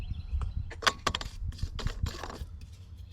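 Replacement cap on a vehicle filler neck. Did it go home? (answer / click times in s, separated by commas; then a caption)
yes / 1.1 s. A new replacement cap, a 10 to 12 dollar part replacing a 20-year-old cap, is screwed onto a vehicle filler neck, with light rattling and handling noises throughout. A sharp click at 1.1 s marks the cap clicking home, amid a short cluster of ticks, and a duller knock follows near 1.8 s. The new cap seats and feels more snug than the old one, which did not click on.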